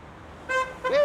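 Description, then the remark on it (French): Two car horn honks over low traffic rumble at a street demonstration by a performance venue in Calais, France: a short bright blast, a brief pause, then a longer, louder honk that bends slightly in pitch as it starts. “Allez, un klaxon.”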